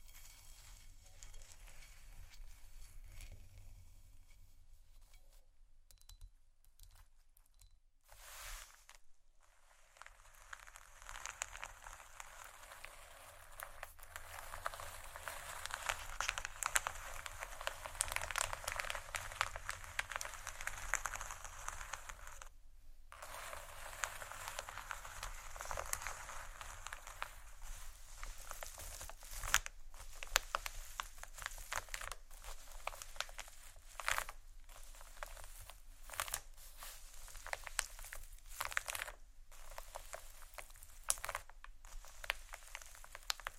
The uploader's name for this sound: marble, wood, tapping, scratching, crinkles